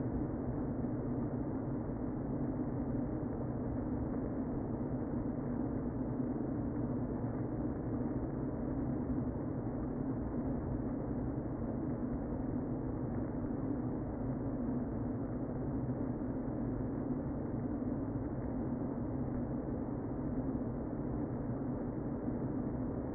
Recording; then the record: honeybee colony, microphone inside the hive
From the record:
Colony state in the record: queen present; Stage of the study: before two queens were removed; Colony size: about 60,000 bees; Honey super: yes